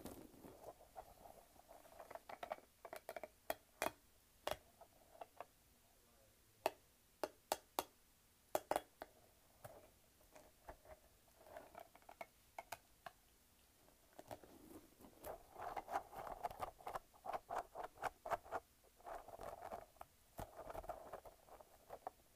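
A light-up ball is squished and shaken, giving sharp irregular clicks and rattles over soft rubbery squeaks that thicken near the end.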